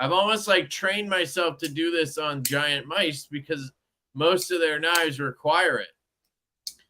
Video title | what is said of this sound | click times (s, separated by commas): New Knife Drip From Kizer & GM! | I wish you could hear this when it pops into place just really good | 6.7 s